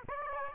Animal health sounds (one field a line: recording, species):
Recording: mosquito wingbeat signal from an infrared sensor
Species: Aedes aegypti